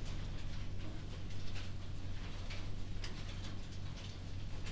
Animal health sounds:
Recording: poultry house recording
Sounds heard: no chicken sound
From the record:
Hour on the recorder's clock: 2

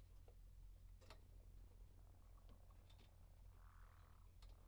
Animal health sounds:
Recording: poultry house recording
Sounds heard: healthy chickens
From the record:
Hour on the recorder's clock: 0

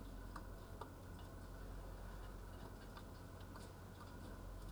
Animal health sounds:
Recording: poultry house recording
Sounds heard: healthy chickens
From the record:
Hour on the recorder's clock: 10

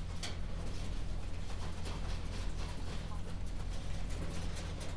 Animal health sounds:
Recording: poultry house recording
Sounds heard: healthy chickens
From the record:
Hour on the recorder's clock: 21

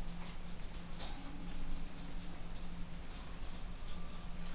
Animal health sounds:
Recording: poultry house recording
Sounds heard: no chicken sound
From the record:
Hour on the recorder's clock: 23

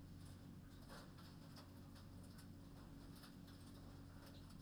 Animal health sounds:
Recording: poultry house recording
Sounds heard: no chicken sound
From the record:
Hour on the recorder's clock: 21

